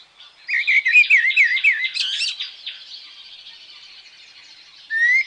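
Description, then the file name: Common blackbird singing a fast warbled phrase of wavering fluty notes ending in squeaky twitters, followed by a pause and a brief rising whistle. "Merel"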